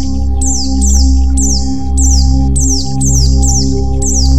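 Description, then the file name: White-eye giving high, thin whistles that drop in pitch, repeated in quick succession, above a steady low hum. White-eye 'terapi' (therapy) song. "terapi pleci"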